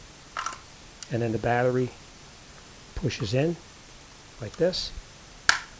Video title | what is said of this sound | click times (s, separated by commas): How To Fix A Carbon Monoxide Detector That Is Beeping Even After A New Battery | and you hear it snap in place. | 5.5 s